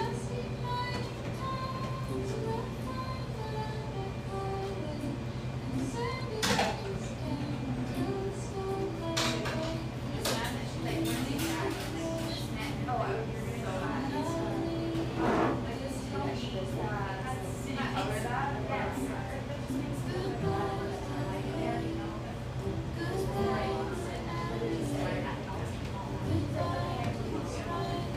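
Café sounds fill a small drip coffee joint: a steady low hum runs underneath overlapping chatter, including a woman's voice. Sharp clinks and clatters of cups or dishes break through every few seconds, loudest around six, ten and fifteen seconds.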